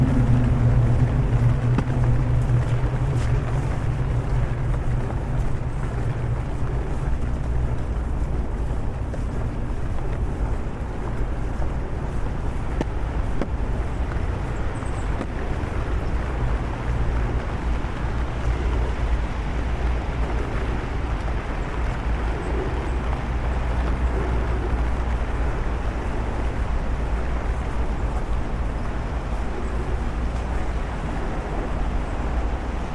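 A walk through London in the rain, with a steady, dense hiss and low rumble filling the whole half minute. Traffic drones underneath, with a low engine hum that is strongest early on and fades out after about ten seconds. Level stays even throughout.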